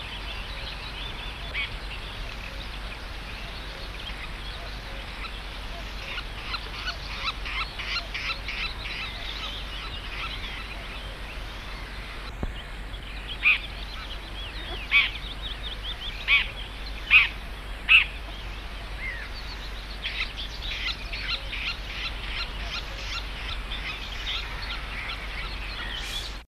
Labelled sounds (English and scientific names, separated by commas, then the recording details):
Red-backed Shrike (Lanius collurio) call
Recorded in the wild
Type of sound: call
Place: Grippel (Langendorf), Niedersachsen, DE
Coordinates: 52.8167, 12.1223
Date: 1981-05-23
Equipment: Halbspur, 9,5 cm/s
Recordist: Lütgens, Hans
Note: Warnung im Revier am Vogeldamm